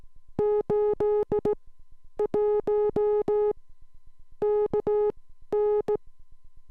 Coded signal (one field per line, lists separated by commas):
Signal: Morse code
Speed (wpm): 16 wpm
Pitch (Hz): 420 Hz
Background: music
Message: 81 KN